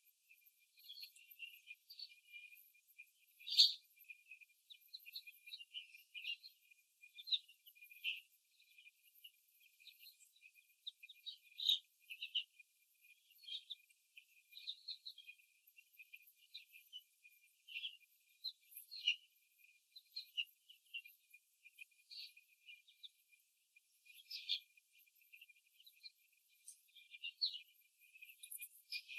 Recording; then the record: young laying hens in a cage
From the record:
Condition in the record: after the stressor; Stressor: simulated dog barking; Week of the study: 3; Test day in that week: 1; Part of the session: 4